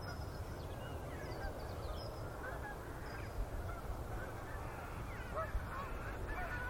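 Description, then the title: Goose: faint scattered honks from geese through the whole stretch, over a strong low rumble. Gaggles of geese in fields by the River Thame, England, UK, morning of 23 September 2023, excited by floodwater across the meadows. "Gaggles of geese, River Thame, England, UK on 23rd September 2023 – by Paul Ridout"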